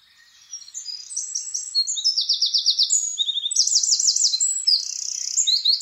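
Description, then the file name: Eurasian wren song, a continuous burst of loud, very high, fast trills and sharp notes, changing pitch between phrases. "Troglodytes troglodytes"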